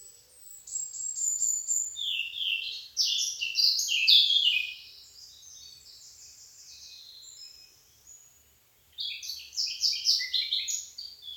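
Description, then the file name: Eurasian blackcap delivering a rapid, jumbled warble, falling quiet for several seconds before a second chattering phrase begins. "Sylvia atricapilla"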